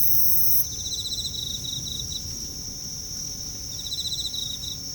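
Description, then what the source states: Insect chorus: a rapid pulsed trill in the first two seconds, another near the end, with a steady shrill tone throughout and soft low rumble beneath. Night, Kashiwa Town, Japan; bugs with town ambience; mid-side stereo.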